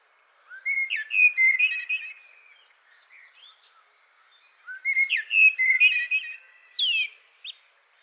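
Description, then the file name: Eurasian blackbird song: two warbled, flute-like phrases with higher squeaky flourishes at their ends, a soft quiet stretch in between. "Turdus merula"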